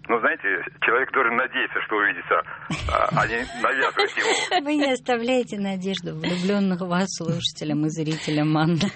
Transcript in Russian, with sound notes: Ну, знаете, человек должен надеяться, что увидится, а не навязывать ему. (все смеются) Вы не оставляете надежду влюбленным в вас слушателям и зрителям, Анна.